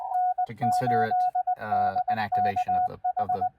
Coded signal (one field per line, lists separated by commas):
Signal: Morse code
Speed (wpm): 21 wpm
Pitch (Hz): 730 Hz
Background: speech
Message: N8DKH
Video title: Successful POTA and TOTA activations on 40 meters with QRP and a mag mount ham stick this morning!